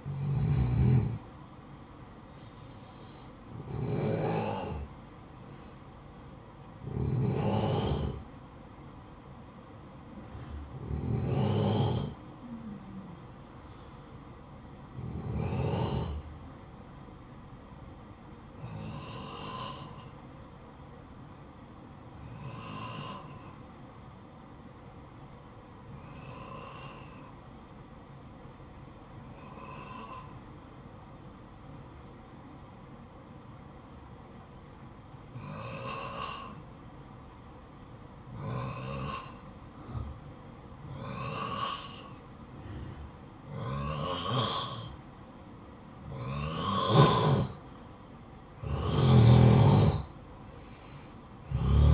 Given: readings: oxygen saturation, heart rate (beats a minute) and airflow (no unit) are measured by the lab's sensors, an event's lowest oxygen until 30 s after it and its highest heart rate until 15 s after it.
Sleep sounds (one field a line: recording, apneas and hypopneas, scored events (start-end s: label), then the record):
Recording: breathing in sleep by a smartphone at the bedside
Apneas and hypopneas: 2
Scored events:
3.00-13.40 s: hypopnea (N1, oxygen 93% highest, then 90% lowest, heart rate 68 at the start, 68 highest)
3.00-33.00 s: new sleep stage, N1 (lightest sleep)
20.00-46.50 s: hypopnea (N1, oxygen 95% highest, then 90% lowest, heart rate 60 at the start, 62 highest)
33.00-51.93 s: new sleep stage, N2 (light sleep)
From the record:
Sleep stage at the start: N2 (light sleep)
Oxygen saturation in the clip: 90 to 95%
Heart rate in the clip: 54 to 68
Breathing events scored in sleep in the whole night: 573 in 9.8 hours asleep